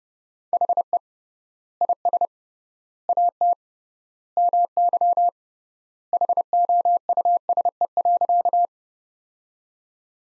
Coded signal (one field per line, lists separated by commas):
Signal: Morse code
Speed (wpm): 29 wpm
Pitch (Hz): 700 Hz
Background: none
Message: HE IS AT MY HOUSE.